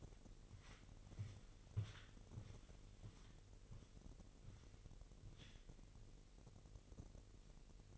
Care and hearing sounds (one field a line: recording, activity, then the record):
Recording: daily activity, microphone in the room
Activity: walk to room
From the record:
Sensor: 4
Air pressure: 1002.9 hPa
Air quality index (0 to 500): 250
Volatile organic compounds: 11 ppm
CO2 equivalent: 2267 ppm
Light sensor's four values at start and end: 10/23/9/9 and 11/26/10/10